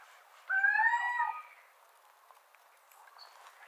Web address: athene noctua call